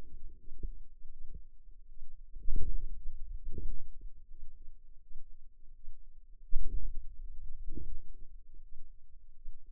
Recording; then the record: forearm muscle sounds (acoustic myography)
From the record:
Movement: hand closing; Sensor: system 2, bracelet of six BSWA MPA416 microphones around the upper forearm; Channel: 6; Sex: female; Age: 23 years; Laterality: right